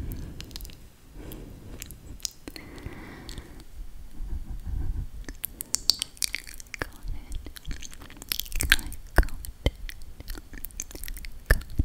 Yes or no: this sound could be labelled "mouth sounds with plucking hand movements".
yes